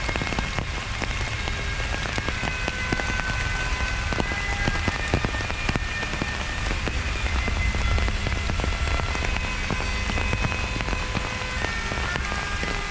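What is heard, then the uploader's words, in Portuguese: Rain falls steadily in Central Park, a dense, even hiss with many small drops ticking sharply throughout. A low rumble runs underneath the whole time, and faint thin tones drift in and out in the background. NYC Nature Rain Sounds ASMR.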